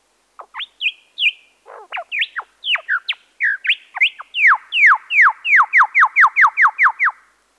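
Bird chirping: a run of sharp, downward-slurred notes that starts scattered, then speeds into a steady, rapid series of bright chirps before stopping.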